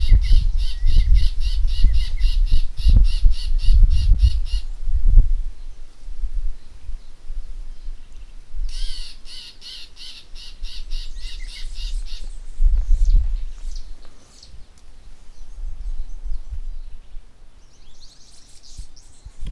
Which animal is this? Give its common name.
Spotted Morning-Thrush